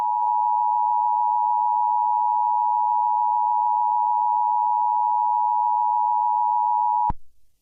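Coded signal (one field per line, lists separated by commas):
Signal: Emergency Alert System (SAME) tones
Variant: 853 and 960 Hz attention tone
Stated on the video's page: Fictional alien invasion emergency alert scenario set in 2055.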